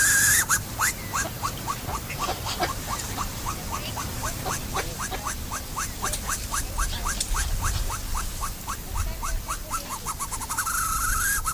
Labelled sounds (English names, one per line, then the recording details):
Andean Goose call
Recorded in captivity
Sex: male
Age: adult
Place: Zoo Berlin, Berlin, DE
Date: 2008-08-12 14:42
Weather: overcast, ca. 23°C
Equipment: Sony WM-D6C, Sennheiser ME 80, Kopie Uher 4000 Report Monitor
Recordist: Tembrock, Günter